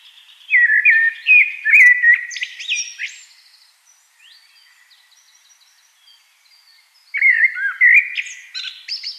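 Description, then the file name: Common blackbird singing rich whistled phrases that wobble up and down, ending in a thin squeaky twitter, then a quiet pause before the next phrase begins. "Turdus merula"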